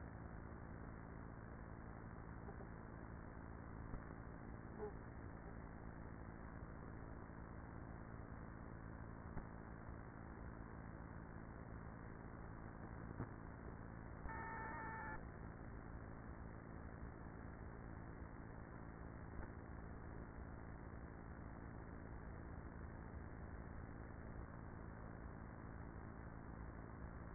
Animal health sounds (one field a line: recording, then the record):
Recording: honeybee colony, microphone inside the hive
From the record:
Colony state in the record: queenless with a low population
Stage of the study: after two queens were removed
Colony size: about 30,000 bees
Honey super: no